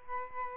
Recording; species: mosquito wingbeat signal from an infrared sensor; Aedes albopictus